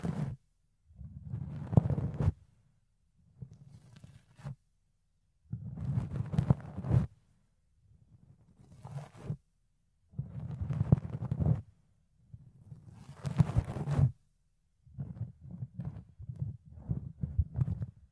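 Fluffy ear cleaning: soft, muffled rubbing bursts of a second or two, low and thumping with brief crackly scratches, separated by short silences.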